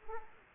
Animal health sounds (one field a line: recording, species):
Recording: mosquito wingbeat signal from an infrared sensor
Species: Culex quinquefasciatus